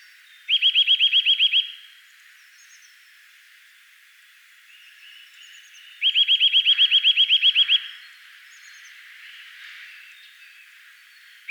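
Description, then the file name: Eurasian nuthatch giving two fast trills of upslurred, piping notes, with quiet background between. "Sitta europaea"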